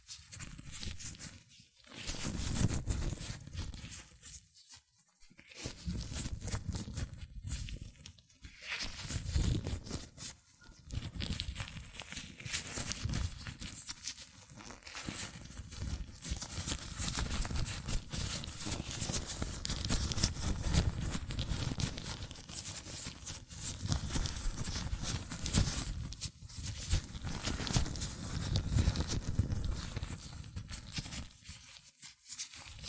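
Latex gloved hands rub, squeak and snap in dense, continuous rustling, with brief pauses around 2, 5, 8, 10 and 32 seconds.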